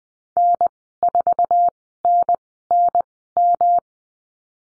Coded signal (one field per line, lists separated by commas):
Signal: Morse code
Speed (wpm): 20 wpm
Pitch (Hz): 700 Hz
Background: none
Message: N4NNM